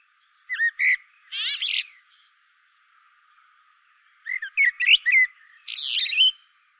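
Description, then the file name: Common blackbird singing two phrases of mellow whistles that end in high rasping twitters, separated by a quiet gap. "Turdus merula"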